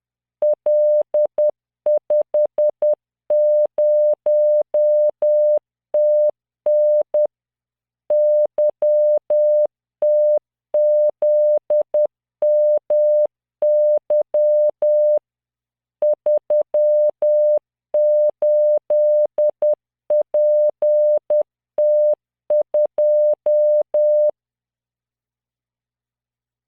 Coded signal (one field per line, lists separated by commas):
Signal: Morse code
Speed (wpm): 10 wpm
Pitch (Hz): 600 Hz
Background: none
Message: L50TN YTZMY 38PT2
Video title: tamanのモールス練習動画83（モールス信号 速度10WPM morse code)